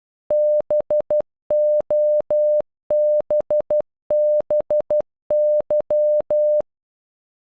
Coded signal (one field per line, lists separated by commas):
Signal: Morse code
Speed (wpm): 12 wpm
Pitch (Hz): 600 Hz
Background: none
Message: BOBBY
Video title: Bobby in Morse code